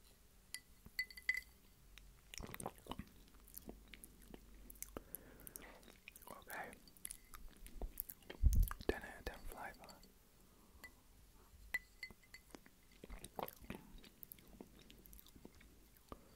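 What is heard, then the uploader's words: Drinking sounds: wet mouth clicks, swallows and smacking noises come in irregular bursts across the clip. The densest, loudest stretch falls around the middle, with a sharp gulp near eight seconds, then quieter sporadic clicks. Drinking KA Soda's DRINKING SOUNDS (SUPER TINGLY).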